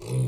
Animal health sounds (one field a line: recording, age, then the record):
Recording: pig call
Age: weaner (32 to 43 days)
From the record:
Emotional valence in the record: negative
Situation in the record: short isolation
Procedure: open field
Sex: female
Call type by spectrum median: low-frequency call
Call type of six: low-frequency stable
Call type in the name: low-frequency stable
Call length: 0.28 s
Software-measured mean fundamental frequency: 61 Hz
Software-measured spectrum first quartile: 128 Hz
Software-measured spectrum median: 217 Hz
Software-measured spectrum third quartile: 1145 Hz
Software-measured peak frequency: 127 Hz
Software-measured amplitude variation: 82 dB a second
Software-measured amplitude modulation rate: 21.6 a second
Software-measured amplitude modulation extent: 3.8 dB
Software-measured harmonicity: 15.6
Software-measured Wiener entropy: -2.27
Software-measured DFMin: 1062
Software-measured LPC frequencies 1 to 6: 2440, 3727, 4263, 5137, 5956, 7525 Hz